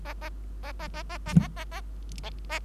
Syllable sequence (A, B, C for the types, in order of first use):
A A A A A A A A A